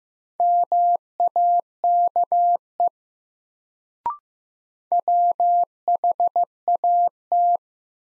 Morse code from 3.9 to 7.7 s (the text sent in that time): WHAT